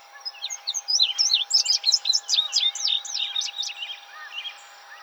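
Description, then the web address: Indigo bunting song: a quick run of high, sweet paired chirps, slurred up and down, tumbling for about four seconds before trailing off. 26 June 2007. "Indigo Bunting 2007 06 26 Indigo Bunting"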